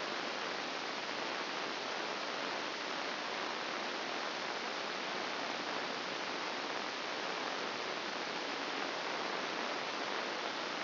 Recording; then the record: brain microelectrode recording played as sound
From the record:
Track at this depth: inside the subthalamic nucleus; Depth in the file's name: 4.465 mm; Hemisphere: left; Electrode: 2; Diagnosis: Parkinson's disease